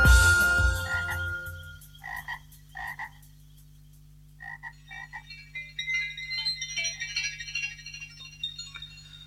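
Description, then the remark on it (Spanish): Frogs croak in repeated short bursts, a few spaced calls at first, then a busier chorus of higher chirping trills over a steady low hum, with no talking. “ocurrió cuando ya las ranas llevaban muchos millones y millones de años en el mundo, desde aquel lejano día en que el canto de la primera rana rompió el silencio del universo.”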